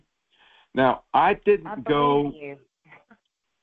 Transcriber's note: laughs